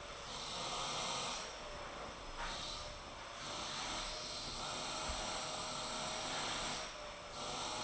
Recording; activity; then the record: daily activity, microphone in the room; vacuum cleaning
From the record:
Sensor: 5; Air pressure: 995.4 hPa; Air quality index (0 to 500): 81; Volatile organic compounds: 3 ppm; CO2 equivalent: 1495 ppm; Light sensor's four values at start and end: 35/85/34/35 and 35/86/34/35